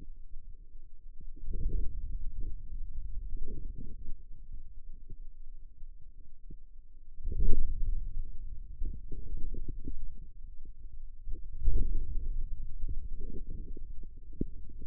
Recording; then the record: forearm muscle sounds (acoustic myography)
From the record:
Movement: outward rotation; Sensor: system 2, bracelet of six BSWA MPA416 microphones around the upper forearm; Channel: 6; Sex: male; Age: 22 years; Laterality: right